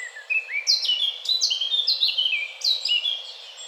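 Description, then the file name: Eurasian blackcap song, a brisk run of bright, high notes, many slurring downward, packed closely into a short rich phrase. "Sylvia atricapilla"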